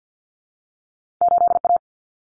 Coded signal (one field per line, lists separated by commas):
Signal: Morse code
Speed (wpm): 50 wpm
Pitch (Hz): 700 Hz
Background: none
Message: 8A